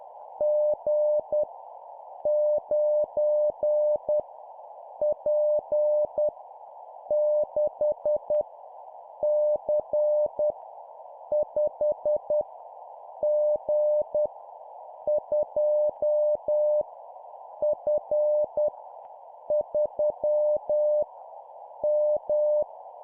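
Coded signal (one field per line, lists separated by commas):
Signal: Morse code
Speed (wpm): 10 wpm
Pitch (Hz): 600 Hz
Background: none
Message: G 9 P 6 C 5 G 2 F 3 M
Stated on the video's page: Morse code learning practice of random letters and numbers at 10 wpm.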